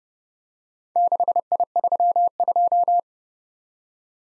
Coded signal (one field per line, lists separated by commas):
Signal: Morse code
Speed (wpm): 30 wpm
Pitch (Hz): 700 Hz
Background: none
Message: 6I32